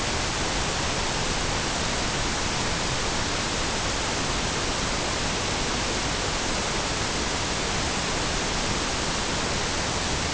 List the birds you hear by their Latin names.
none